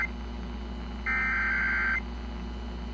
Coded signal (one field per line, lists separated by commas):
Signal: Emergency Alert System (SAME) tones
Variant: header bursts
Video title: Los Angeles Required Monthly Test’s 640/790 AM 6/30/2020